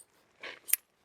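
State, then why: Seated. A pop-up shower tent's frame leg is pulled outward, making a brief rustling scrape from about 0.4 to 0.6 s. A sharp, bright click follows at 0.7 s as the leg's hinge lock pops into place and seats.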